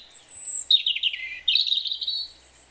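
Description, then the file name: European robin singing a short phrase: a thin high whistle, then a tumbling run of warbled notes, a brief pause and a bright, rapid twittering trill. "Erithacus rubecula"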